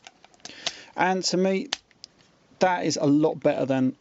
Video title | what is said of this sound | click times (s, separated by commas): Transformers Masterpiece MP11 New Leader STARSCREAM Review | like that until they click into place. | 0.4 s, 0.7 s